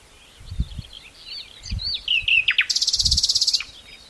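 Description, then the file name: Common nightingale song: twittering notes rising to a loud rapid buzzy trill, with low thumps in the background. "Luscinia megarhynchos"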